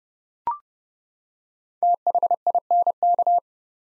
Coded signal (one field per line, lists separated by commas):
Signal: Morse code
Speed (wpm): 30 wpm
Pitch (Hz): 700 Hz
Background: none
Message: THINK